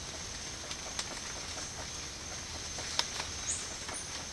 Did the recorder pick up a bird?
no